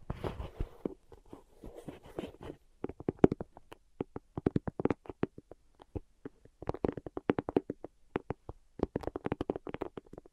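Rapid tapping, with sharp clicks landing in quick bursts and brief pauses between runs. The first couple of seconds are denser and scratchier, close to a rubbing texture, before giving way to crisp, separate taps that keep up through the rest.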